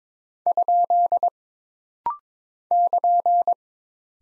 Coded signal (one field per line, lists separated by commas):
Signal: Morse code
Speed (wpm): 22 wpm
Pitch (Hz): 700 Hz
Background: none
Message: ? <KN>